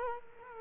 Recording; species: mosquito wingbeat signal from an infrared sensor; Culex quinquefasciatus